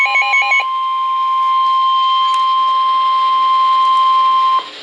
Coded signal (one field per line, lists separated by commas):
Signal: Emergency Alert System (SAME) tones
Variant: 1050 Hz attention tone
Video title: NOAA - Tornado Warning (EAS #945)